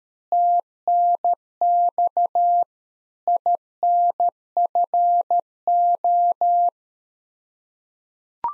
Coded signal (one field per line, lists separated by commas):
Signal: Morse code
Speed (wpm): 13 wpm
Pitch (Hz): 700 Hz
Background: none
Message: TNX INFO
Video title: Practice QSO - Exchange 3- More Info - 13wpm